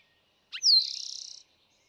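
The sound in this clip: Eastern towhee song: a low introductory note, a loud descending whistle, then a short, even, fast trill.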